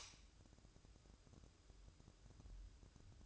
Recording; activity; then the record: daily activity, microphone in the room; light on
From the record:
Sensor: 2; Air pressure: 1007.7 hPa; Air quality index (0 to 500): 94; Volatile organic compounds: 1 ppm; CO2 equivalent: 716 ppm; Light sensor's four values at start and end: 7/17/7/7 and 11/30/12/12